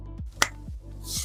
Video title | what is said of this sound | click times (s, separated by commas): 2.0 tdi EA288 engine assembly after blown gasket (part 5) | No, it clicks. | 0.4 s